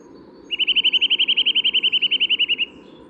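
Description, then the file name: Eurasian nuthatch giving a fast, even trill of many clipped whistled notes lasting about two seconds, over steady low background noise. "Sitta europaea"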